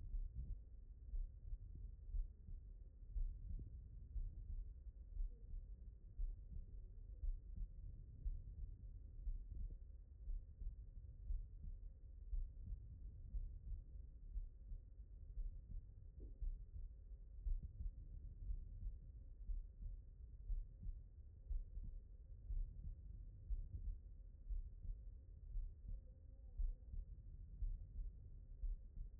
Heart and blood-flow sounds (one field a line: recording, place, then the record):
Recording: heart sounds by stethoscope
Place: pulmonary valve (PV)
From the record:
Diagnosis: non-HFrEF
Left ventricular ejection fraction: 57%